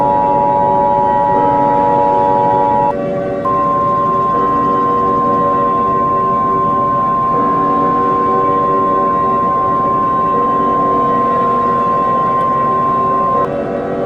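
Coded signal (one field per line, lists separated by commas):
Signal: Emergency Alert System (SAME) tones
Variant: 853 and 960 Hz attention tone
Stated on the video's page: Simulated tornado scenario.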